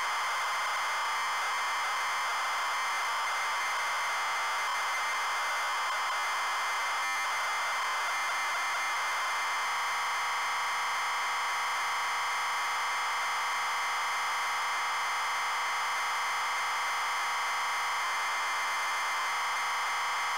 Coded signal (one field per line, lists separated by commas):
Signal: ZX Spectrum tape loading